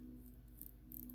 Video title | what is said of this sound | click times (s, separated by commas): Build #s 791 and 792 - Leadership Uncensored High Polish - Herndon | and how you do that is you back the crown off the threads until you hear it | 0.6 s, 0.7 s, 1.0 s, 1.1 s